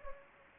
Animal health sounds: mosquito wingbeat signal from an infrared sensor; Anopheles gambiae

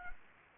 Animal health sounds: mosquito wingbeat signal from an infrared sensor; Anopheles gambiae

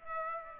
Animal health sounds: mosquito wingbeat signal from an infrared sensor; Aedes aegypti

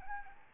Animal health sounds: mosquito wingbeat signal from an infrared sensor; Aedes albopictus

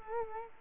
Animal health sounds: mosquito wingbeat signal from an infrared sensor; Culex quinquefasciatus

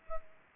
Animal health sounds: mosquito wingbeat signal from an infrared sensor; Aedes aegypti

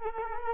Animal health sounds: mosquito wingbeat signal from an infrared sensor; Culex quinquefasciatus

